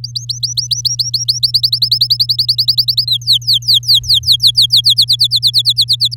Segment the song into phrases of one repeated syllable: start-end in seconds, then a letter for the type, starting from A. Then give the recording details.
0.04-1.51 A, 1.54-3.05 B, 3.07-4.81 C, 4.84-6.14 D. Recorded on 8 May 2018 at 17:02. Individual llb16